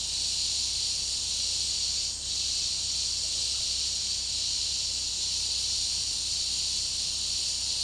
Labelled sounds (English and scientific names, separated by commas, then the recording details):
none
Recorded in secondary vegetation near Puerto Asís, Putumayo, Colombia, on 20 February 2024 at 16:30
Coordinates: 0.489, -76.322
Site G6419